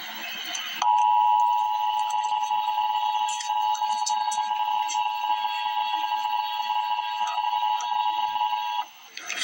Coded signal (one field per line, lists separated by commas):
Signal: Emergency Alert System (SAME) tones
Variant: 853 and 960 Hz attention tone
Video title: Emergency Alert System - Severe Thunderstorm Warning - Jun 29, 2024 at 11:08 AM EDT.